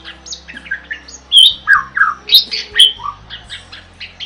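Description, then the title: Bird singing loudly: a varied jumble of chirps, squeaky notes and short slurred whistles, with several strong pulses, over a faint low hum. Masteran recording made for training birds. "Master Burung Jos"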